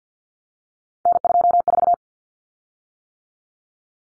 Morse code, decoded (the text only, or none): N24